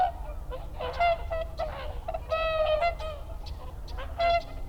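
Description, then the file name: Whooper swan calls, loud bugling honks with clear harmonics, several in quick succession from a group, over low background rumble. Recorded 30 December 2009. "20091230 oohakutyo"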